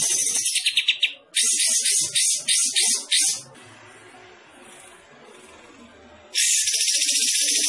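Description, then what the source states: Bulbul song: rapid, bright chattering notes for about three seconds, a quieter pause with faint background, then the dense twittering resumes. Described as gacor, meaning singing actively.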